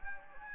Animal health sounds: mosquito wingbeat signal from an infrared sensor; Anopheles gambiae

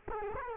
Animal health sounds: mosquito wingbeat signal from an infrared sensor; Culex quinquefasciatus

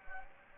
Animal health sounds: mosquito wingbeat signal from an infrared sensor; Anopheles gambiae

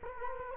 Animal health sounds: mosquito wingbeat signal from an infrared sensor; Culex quinquefasciatus

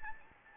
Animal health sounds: mosquito wingbeat signal from an infrared sensor; Anopheles arabiensis

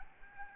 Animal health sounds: mosquito wingbeat signal from an infrared sensor; Aedes albopictus

